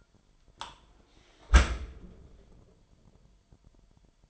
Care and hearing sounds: daily activity, microphone in the room; close dishwasher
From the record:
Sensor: 5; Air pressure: 998.5 hPa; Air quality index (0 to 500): 80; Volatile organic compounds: 1 ppm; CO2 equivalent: 910 ppm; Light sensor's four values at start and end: 23/55/23/25 and 23/54/23/25

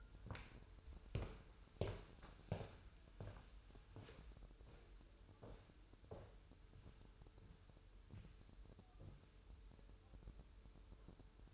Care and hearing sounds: daily activity, microphone in the room; walk to room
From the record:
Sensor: 2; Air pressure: 988.1 hPa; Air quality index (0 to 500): 183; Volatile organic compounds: 143 ppm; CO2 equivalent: 3992 ppm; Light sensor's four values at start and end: 21/70/27/26 and 21/70/27/26

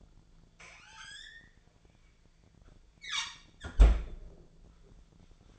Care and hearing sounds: daily activity, microphone in the room; close fridge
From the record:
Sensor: 5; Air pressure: 1009.7 hPa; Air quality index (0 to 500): 163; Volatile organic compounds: 4 ppm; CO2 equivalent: 1585 ppm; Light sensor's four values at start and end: 106/274/113/120 and 104/271/112/119

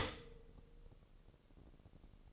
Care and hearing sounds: daily activity, microphone in the room; stop toaster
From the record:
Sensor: 4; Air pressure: 1008.1 hPa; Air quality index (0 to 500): 104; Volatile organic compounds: 1 ppm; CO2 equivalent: 769 ppm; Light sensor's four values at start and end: 9/21/8/8 and 9/21/8/8

